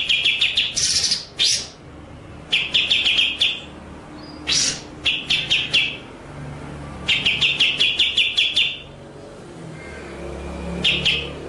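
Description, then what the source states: White-rumped shama song of quick stuttering note series interspersed with harsh buzzy bursts. Masteran training track of murai batu song, described as full ngerol (rolling) and nembak (shooting) style.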